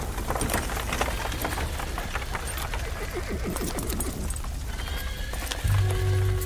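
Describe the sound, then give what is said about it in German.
Horses being unharnessed from chariots at an army camp at night, with campfires lit all around, whinny in a wavering, high-pitched neigh amid a busy wash of hoof clatter and shuffling, followed by a low, steady rumble that rises near the end. “Die Pferde wurden von den Streitwagen abgeschirrt und man entfachte ringsumher Lagerfeuer.”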